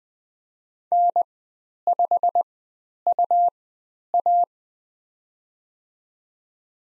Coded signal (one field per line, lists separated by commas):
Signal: Morse code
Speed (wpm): 20 wpm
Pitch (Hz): 700 Hz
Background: none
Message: N5UA